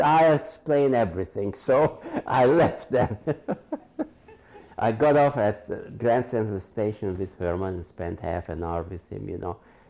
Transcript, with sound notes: I'll explain everything." So I left then. [laughs] I got off at Grand Central Station with Herman and spent half an hour with him, you know.